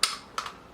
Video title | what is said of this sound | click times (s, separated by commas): G&G GR4 CQB-S MINI In-Depth Review and Unboxing | That click, and make sure that you've got the | 0.0 s, 0.4 s